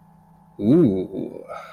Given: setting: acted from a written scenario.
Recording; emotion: vocal sound without words; desire